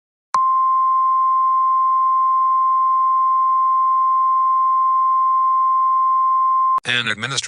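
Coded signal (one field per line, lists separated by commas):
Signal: Emergency Alert System (SAME) tones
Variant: 1050 Hz attention tone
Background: speech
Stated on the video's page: Fictional EAS scenario for a Cascadia Subduction Zone earthquake; fully valid EAS tones.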